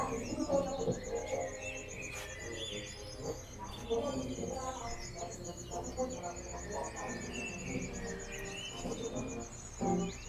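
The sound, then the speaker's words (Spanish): In the morning at home, the last crickets chirp in a steady, high-pitched pulsing trill that runs unbroken through the whole stretch, while birds call and a neighbour faintly sings along with some music underneath. “Los últimos grillos también cantan por la mañana.”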